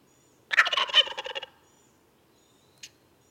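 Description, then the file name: Wild turkey gobbling: a rolling, rattled burst of guttural notes lasting about a second, followed by a brief sharp click later on. "Meleagris gallopavo - Wild Turkey"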